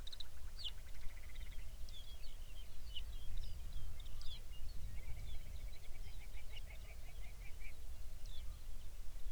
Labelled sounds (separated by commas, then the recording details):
songbird, grouse or ptarmigan
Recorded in the Arctic National Wildlife Refuge, Alaska, on 23 May 2019 at 05:03
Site 49